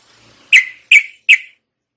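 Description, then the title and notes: Yellow-vented Bulbul giving three sharp, bright notes in quick, even succession. Masteran tutoring song of a champion trucuk in the 'tembakan' song style. "MASTERAN Trucukan Tembakan. trucuk juara"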